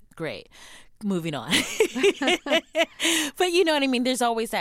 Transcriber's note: laughter